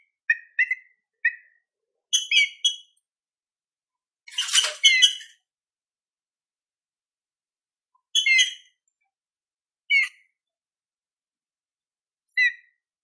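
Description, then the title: Green-winged saltator song: paired slurred whistles, a bright harmonic phrase, then a rough, noisy burst. Another phrase and spaced single falling notes follow over a quiet background. Classic-style song used for training. "Canto Clássico Trinca Ferro TREINAMENTO"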